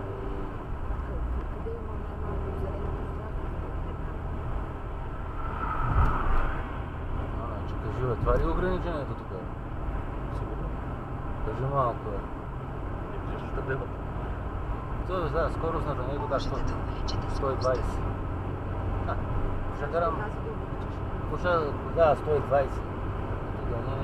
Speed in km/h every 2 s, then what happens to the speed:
75, 75, 76, 76, 80, 81, 83, 85, 87, 88, 89, 89.
0-24 speeds up to 89.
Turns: none.